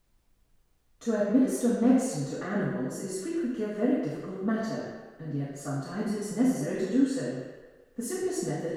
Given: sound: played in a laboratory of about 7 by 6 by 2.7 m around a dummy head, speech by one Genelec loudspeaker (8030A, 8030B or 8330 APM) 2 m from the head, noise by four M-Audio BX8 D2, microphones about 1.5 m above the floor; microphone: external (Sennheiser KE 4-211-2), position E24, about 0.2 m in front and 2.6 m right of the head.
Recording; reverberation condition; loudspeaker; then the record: female speech in English; high; 60 degrees to the right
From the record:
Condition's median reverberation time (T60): about 1300 ms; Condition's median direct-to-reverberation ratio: about -4.0 dB